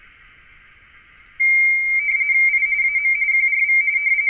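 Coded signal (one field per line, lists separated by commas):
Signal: RTTY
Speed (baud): 45.45 baud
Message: I AM QRV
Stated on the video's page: WAE RTTY contest, sending QTC traffic.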